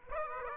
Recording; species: mosquito wingbeat signal from an infrared sensor; Aedes aegypti